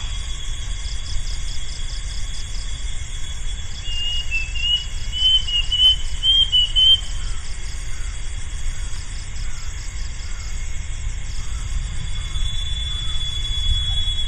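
Plaintive cuckoo giving a short series of thin, clear whistled notes, slightly wavering, over a loud steady pulsing insect chorus and low background rumble.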